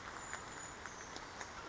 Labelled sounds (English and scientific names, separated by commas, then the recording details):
Brown Creeper (Certhia americana)
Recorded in Sonoma County, California